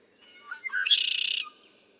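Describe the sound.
Red-winged blackbird song, a few liquid introductory notes rolling into a loud buzzy, rattling trill of about half a second.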